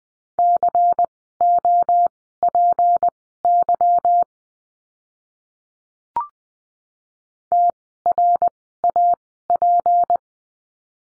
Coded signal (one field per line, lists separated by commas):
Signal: Morse code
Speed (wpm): 20 wpm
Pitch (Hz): 700 Hz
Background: none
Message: COPY TRAP